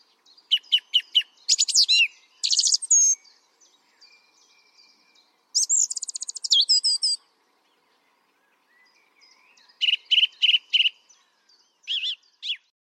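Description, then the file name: Song thrush delivering loud, crisp phrases, each built from a note repeated several times, with pauses between bursts and fainter notes in the background. "Pevchij drozd - Pesnya pevchego drozda (Zvyki com)"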